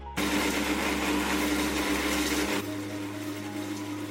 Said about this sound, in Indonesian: Nah selanjutnya, ini tinggal dihaluskan hingga lembut menggunakan blender khusus bumbu seperti ini. Masukkan secukupnya rempah yang sudah kering. Kemudian blender hingga halus.